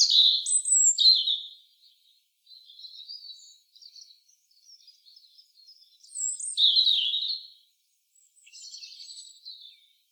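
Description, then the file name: European robin with bright, high warbled phrases separated by softer, scratchy twittering; a second strong phrase comes after about six seconds. "Erithacus rubecula"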